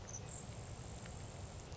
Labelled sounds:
Grasshopper Sparrow (Ammodramus savannarum)
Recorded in Sonoma County, California

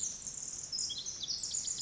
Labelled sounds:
Pacific Wren (Troglodytes pacificus)
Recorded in Sonoma County, California

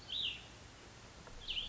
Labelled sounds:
Cassin's Vireo (Vireo cassinii)
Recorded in Sonoma County, California

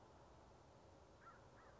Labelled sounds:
American Crow (Corvus brachyrhynchos)
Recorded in Sonoma County, California

